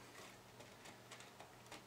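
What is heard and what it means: A circuit board is picked up and lined up by hand before sliding into its slot in the 3D-printed housing of an FDL-1 blaster. Soft handling rustles and light taps, the most prominent at about 1.1 s and 1.4 s, sit over a steady low hum. The board has not slid in or clicked into place yet.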